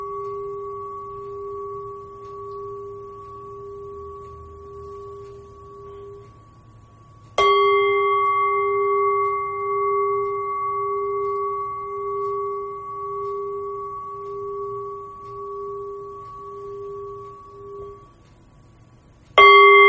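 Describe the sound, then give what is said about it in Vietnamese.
A Buddhist temple bell, rung for a gathered assembly before a teaching session, rings with a deep, sustained hum, then is struck firmly, its bright clang blooming into a long, steady resonance before another strike lands at the very end. “đại chúng nghe tiếng chuông để tĩnh tâm trước khi vào học.”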